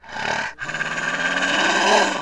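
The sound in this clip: Wolf giving a harsh, rasping growl in two bursts: a short one, a brief pause, then a longer rough snarl that swells slightly before stopping abruptly.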